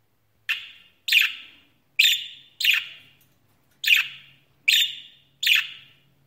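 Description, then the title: Budgerigar calls: seven short, harsh chirps, each fading quickly, over a faint low hum. "Budgie Sounds"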